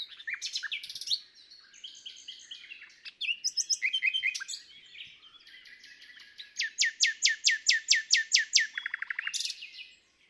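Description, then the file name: Common nightingale song: varied chirping phrases, then a long series of loud repeated notes followed by a buzzy trill. "Luscinia megarhynchos"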